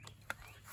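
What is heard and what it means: A brake caliper or bracket bolt is threaded by hand into the steel steering knuckle during a rear brake job on a 2009–2016 Mercedes-Benz E350, with care taken not to cross-thread it. Against a low steady hum, a single sharp metallic click sounds at 0.3 s as the bolt's thread catches and it seats. Ratchet noise may also be mixed into the ticking here.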